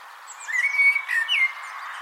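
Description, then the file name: Common blackbird song phrase: three clear fluty whistled notes, the second slightly lower and the third falling from higher, with a faint hiss behind. "Turdus merula"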